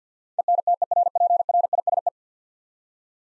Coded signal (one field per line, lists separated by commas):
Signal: Morse code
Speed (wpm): 50 wpm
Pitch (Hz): 700 Hz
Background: none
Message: ENTERPRISE